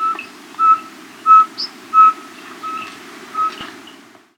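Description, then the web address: Yungas pygmy owl giving short, clear, even whistled toots, about six notes spaced roughly two-thirds of a second apart, over a steady low background hiss. Andean bird, South America. "Natures Songs S America Andean Birds. Yungas Pygmy-Owl (Glaucidium Bolivianum)"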